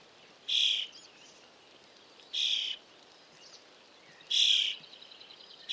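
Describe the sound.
Eurasian starling calls: three loud, grating rasps roughly two seconds apart, with soft scratchy notes trailing after each, and a fourth rasp starting just at the end.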